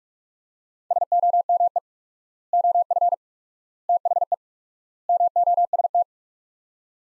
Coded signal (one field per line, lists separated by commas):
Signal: Morse code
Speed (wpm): 42 wpm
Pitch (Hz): 700 Hz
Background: none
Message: SOME OF THE MOST